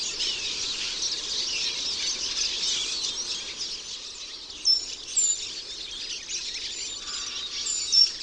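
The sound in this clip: Eurasian siskins in a constant high twittering chorus, with scattered sharper chirps standing out toward the end.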